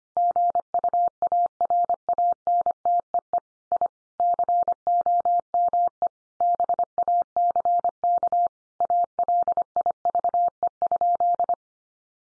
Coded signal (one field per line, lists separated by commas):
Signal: Morse code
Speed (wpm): 25 wpm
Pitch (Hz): 700 Hz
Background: none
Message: GUARANTEE I COME BACK ALIVE?